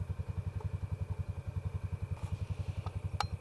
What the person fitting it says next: all right there's the click there's the click